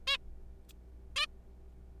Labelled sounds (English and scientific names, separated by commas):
Zebra Finch (Taeniopygia guttata)